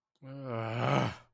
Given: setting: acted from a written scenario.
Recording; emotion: vocal sound without words; guilt